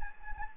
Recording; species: mosquito wingbeat signal from an infrared sensor; Anopheles gambiae